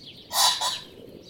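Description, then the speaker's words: Ring-necked Pheasant crowing: one loud, harsh squawk of about half a second, split into two bursts with the first the strongest. Ring-necked Pheasant population thriving in Detroit, Michigan. "Decades later, pheasants have become a poster child for nature within the city."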